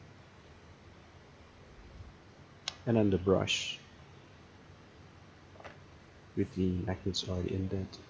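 A freshly CNC-milled vacuum hose attachment ring is pushed into its mating spindle shroud part, a really tight fit. A single sharp click at 2.7 s marks the part seating home, with a fainter tick near 5.6 s. Someone talks before and after.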